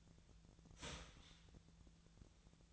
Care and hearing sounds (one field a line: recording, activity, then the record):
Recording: daily activity, microphone in the room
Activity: start toaster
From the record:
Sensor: 3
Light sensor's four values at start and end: 32/80/34/36 and 32/81/34/36